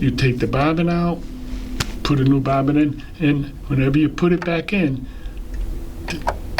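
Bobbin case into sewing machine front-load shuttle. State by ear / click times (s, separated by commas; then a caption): seated / 6.6 s. While someone talks, a bobbin case is reinserted into the front-load shuttle of a mechanical sewing machine, with a few faint taps near the end. A sharp click at 6.6 s shows it has gone all the way in and is seated, since sewing without that click leads to trouble.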